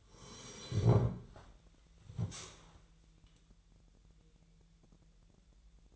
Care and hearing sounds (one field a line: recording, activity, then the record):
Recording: daily activity, microphone in the room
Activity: sit down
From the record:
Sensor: 3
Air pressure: 1001.8 hPa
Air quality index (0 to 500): 250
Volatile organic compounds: 138 ppm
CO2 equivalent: 3970 ppm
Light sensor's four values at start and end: 11/27/11/12 and 11/25/10/11